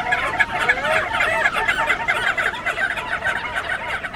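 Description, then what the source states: Crested Auklet flock yipping, a dense chorus of overlapping nasal barks and yelps from many birds, continuous and irregular throughout. Flock of tens of thousands flying low over the wave tops, yipping like an army of chihuahuas; frigid Bering Sea between Alaska and Siberia; flocks of many thousands.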